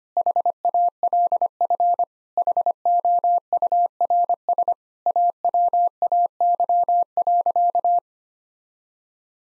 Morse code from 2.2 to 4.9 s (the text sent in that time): HOURS